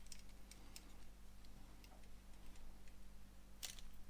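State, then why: Not seated. The right hand assembly of a large scale zinc alloy and ABS endoskeleton model is handled as it is pushed onto the forearm, giving scattered light ticks and taps, the brightest near 3.7 s, over a steady low hum. Nothing has seated or clicked yet; the hand is not yet home.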